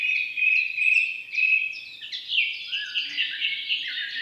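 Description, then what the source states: Bird chirping, high sweeping notes and trills tumbling over one another, with a denser overlapping chatter in the second half. Morning bird song.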